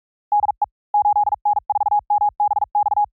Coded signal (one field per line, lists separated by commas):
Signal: Morse code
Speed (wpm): 44 wpm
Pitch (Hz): 810 Hz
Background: none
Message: DE 8N4MBX